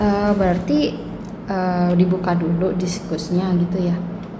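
A woman talks while handling the thumb-grip cover of a dry-powder disc inhaler. The clip ends before the cover is slid open, so nothing has seated or clicked yet.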